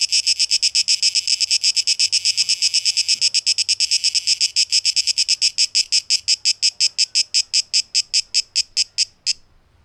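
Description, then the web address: Cicada song: rapid rasping pulses that gradually slow and thin out, becoming separate chirps before stopping abruptly near the end. Recorded 12 August 2023; tape echo mix. "rauschpartikel 2023-08-12 Zikaden"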